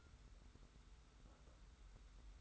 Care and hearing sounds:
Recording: daily activity, microphone in the room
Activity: take from stove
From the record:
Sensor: 3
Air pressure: 991.0 hPa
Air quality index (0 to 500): 102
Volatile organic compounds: 35 ppm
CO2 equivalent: 3065 ppm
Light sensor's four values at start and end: 45/124/51/44 and 45/124/51/44

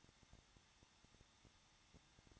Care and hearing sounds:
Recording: daily activity, microphone in the room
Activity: no activity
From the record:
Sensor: 3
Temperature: 21.2 degrees Celsius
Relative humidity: 36.4%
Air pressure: 1006.3 hPa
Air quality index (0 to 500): 223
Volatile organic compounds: 43 ppm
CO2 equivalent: 3196 ppm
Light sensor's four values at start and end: 2/3/2/2 and 2/3/2/2

